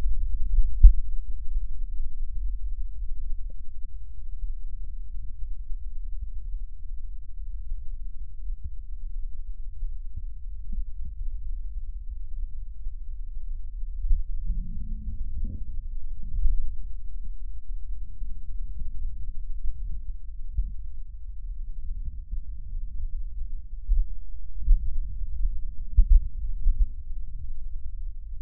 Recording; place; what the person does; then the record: lung sounds by stethoscope; left posterior basal chest; quiet breathing, then deep breathing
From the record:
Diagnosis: pulmonary infection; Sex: male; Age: 74 years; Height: 171 cm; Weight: 80 kg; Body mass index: 27.4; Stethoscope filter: bell mode